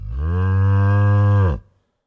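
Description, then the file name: Cow giving one long, low, steady moo lasting about a second and a half, then ending abruptly into silence. "Cow Mooing"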